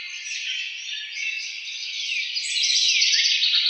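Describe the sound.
House wren song, a dense run of rapid bubbling trills and chatters that shifts pitch and grows slightly louder toward the end, with no other sounds.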